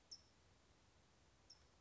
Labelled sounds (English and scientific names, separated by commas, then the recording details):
California Towhee (Melozone crissalis)
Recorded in Sonoma County, California